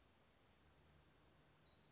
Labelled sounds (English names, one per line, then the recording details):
Black-throated Gray Warbler
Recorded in Sonoma County, California